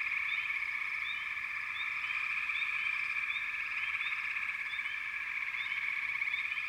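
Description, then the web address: Frog chorus, many callers trilling together in a constant high buzz, with brief upward chirps popping out repeatedly. "Sleep Sounds of Nature FROGS. Frog Chourus"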